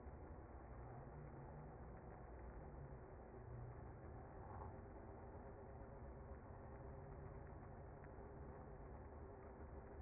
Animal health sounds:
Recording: honeybee colony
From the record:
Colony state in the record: active

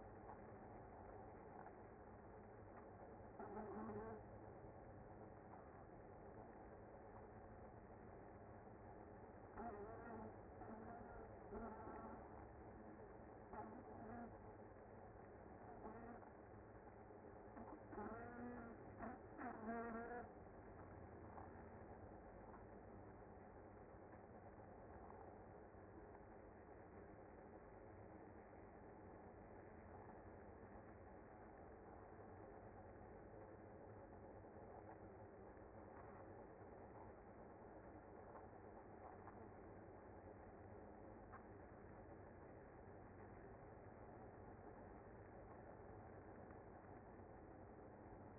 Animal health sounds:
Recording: honeybee colony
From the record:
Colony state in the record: active

